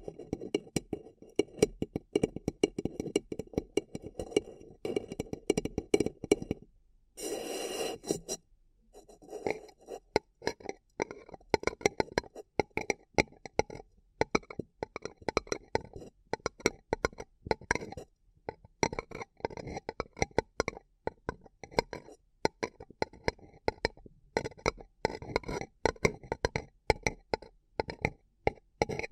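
Paper cup tingles: quick, dense tapping and crinkling on a paper cup, crisp clicks running almost without pause. Around seven to eight seconds a brief, rougher scraping burst takes over, then a short quiet gap before the rapid tapping resumes and continues steadily.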